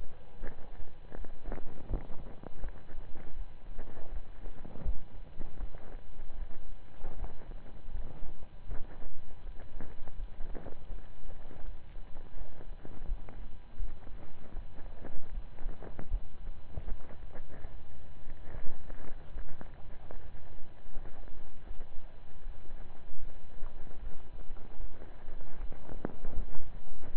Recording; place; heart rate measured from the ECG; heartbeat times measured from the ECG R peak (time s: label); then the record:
heart sounds by stethoscope; between the tricuspid and mitral areas; 79 bpm
0.38 s: heartbeat
1.13 s: heartbeat
1.87 s: heartbeat
2.59 s: heartbeat
3.33 s: heartbeat
4.09 s: heartbeat
4.82 s: heartbeat
5.56 s: heartbeat
6.35 s: heartbeat
7.15 s: heartbeat
7.91 s: heartbeat
8.65 s: heartbeat
9.41 s: heartbeat
10.15 s: heartbeat
10.86 s: heartbeat
11.60 s: heartbeat
12.33 s: heartbeat
13.05 s: heartbeat
13.76 s: heartbeat
14.51 s: heartbeat
15.30 s: heartbeat
16.08 s: heartbeat
16.84 s: heartbeat
17.66 s: heartbeat
18.49 s: heartbeat
19.31 s: heartbeat
20.09 s: heartbeat
20.87 s: heartbeat
21.62 s: heartbeat
22.41 s: heartbeat
23.19 s: heartbeat
23.99 s: heartbeat
24.76 s: heartbeat
25.56 s: heartbeat
26.33 s: heartbeat
27.11 s: heartbeat
From the record:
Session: slow and fast walking with breaks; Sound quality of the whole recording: saturated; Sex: male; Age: 25 years